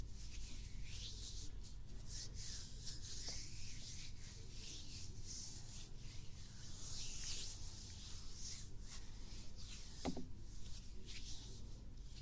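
Ear brushing and touching: a steady, dense rubbing hiss with a low, muffled rumble underneath, swelling in soft irregular strokes. Brighter scratchy sweeps come and go throughout, and a few sharper taps stand out, clearest near ten seconds.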